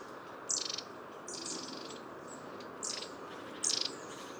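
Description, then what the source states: Long-tailed Tit calls: four short, high, rolling buzzy notes spread over a few seconds. Autumn; woodland park in Paris, France; small roving tit flock including several long-tailed tits; the call has two parts, a small trill and short notes.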